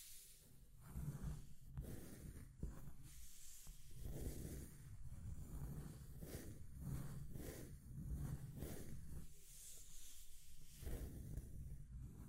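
Scratching and tracing sounds come in a steady run of soft, hissing strokes, roughly one or two every second. Each stroke swells and fades with a low, rubbing body and a bright, airy scrape on top, and no gaps break the sequence.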